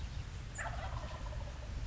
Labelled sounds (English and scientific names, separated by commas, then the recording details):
Wild Turkey (Meleagris gallopavo)
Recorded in Sonoma County, California